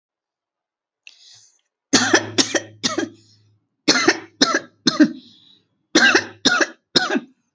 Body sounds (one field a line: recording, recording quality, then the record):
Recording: heavy voluntary cough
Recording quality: excellent, no background noise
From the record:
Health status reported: recovered from COVID-19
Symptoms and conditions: breathing difficulty, fever, fatigue, muscle pain, asthma, pneumonia, hypertension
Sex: female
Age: 49 years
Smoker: not ticked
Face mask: not worn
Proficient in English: yes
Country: India